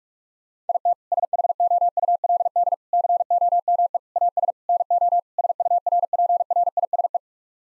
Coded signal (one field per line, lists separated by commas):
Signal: Morse code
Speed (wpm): 41 wpm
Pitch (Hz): 700 Hz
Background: none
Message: IT SHOULD COME AS NO SURPRISE